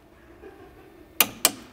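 A click-type torque wrench tightens a steering rack mounting bolt on a BMW (328i, 335i, 128i, 135i, E92/E82) at a low torque setting. After a quiet stretch, two sharp clicks ring out at 1.2 s and 1.5 s as the wrench reaches its set torque, ahead of the bolt being turned 90 degrees further.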